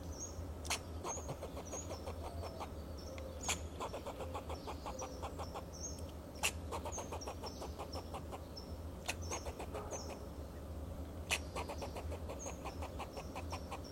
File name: Sound of a Fox Squirrel